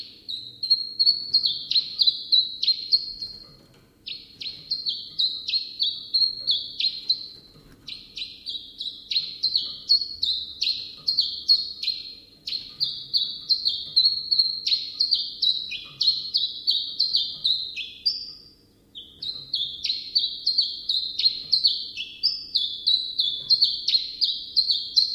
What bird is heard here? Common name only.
Common Chiffchaff